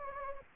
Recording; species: mosquito wingbeat signal from an infrared sensor; Anopheles gambiae